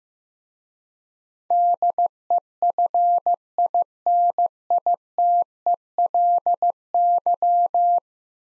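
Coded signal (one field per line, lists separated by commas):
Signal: Morse code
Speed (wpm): 16 wpm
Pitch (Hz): 700 Hz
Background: none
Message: DEFINITELY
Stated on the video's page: Morse code practice of 10-letter words at 15 wpm for head-copy.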